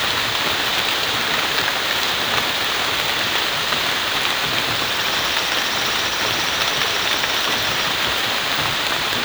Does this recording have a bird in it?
no